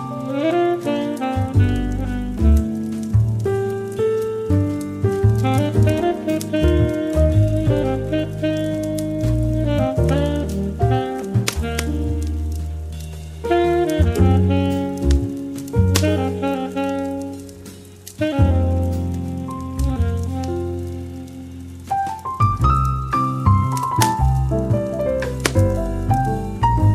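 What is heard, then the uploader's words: Soft light jazz plays steady, with warm low bass notes moving under mellow chords and a gentle melody that rises higher after about twenty-two seconds. The music thins briefly mid-way. Faint crackling ticks sit lightly in the background throughout. Soft Light Jazz & Cozy Crackling Fireplace.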